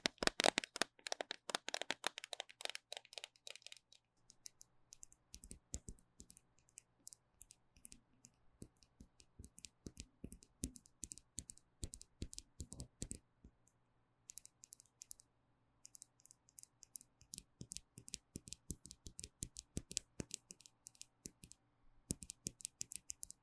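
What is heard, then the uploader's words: Fingernails tap and scratch on small nail supply items, opening with a dense, rapid flurry of bright clicks for about four seconds. After that the taps come in quicker and slower bursts with short pauses, crisp, over a faint steady low hum. ASMR 凝膠美甲用品觸發 | Gel Nails supplies Triggers | Tapping & Scratching | NoTalking. 手邊好多美甲用品可以使用，還有一些亮晶晶閃亮亮的拍照道具.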